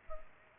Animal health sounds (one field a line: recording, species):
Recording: mosquito wingbeat signal from an infrared sensor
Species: Culex pipiens